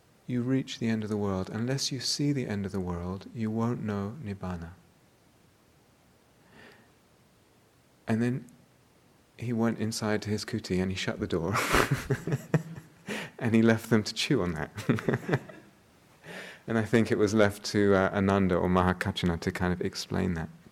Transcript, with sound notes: you reach the end of the world, unless you see the end of the world, you won't know nibbāna." Then he went inside to his kuṭi and he shut the door. [laughter] And he left them to chew on that. I think it was left to Ānanda or Mahākaccāna to kind of explain that.